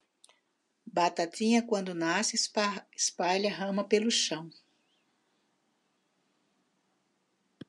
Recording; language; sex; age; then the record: short text; Brazilian Portuguese; female; 60 to 69 years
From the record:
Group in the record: control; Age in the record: 63 years